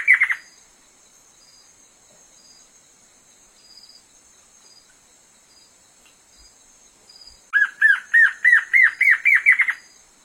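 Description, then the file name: Black-crested antshrike song: a brief song tail, then near-silence, then a full accelerating series of about nine arched notes climbing slightly in pitch; faint high background tone throughout. "Canto da choca de crista preta"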